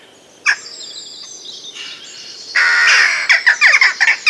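Western jackdaw calling: a sharp note, then a loud harsh rasp followed by a quick series of short, clipped chack calls.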